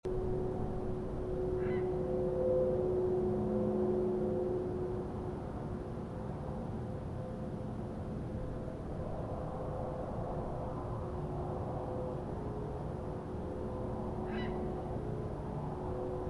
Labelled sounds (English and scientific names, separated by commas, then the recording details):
Grey Heron (Ardea cinerea)
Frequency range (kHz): Grey Heron (Ardea cinerea) 0.9-5.6 kHz
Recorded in France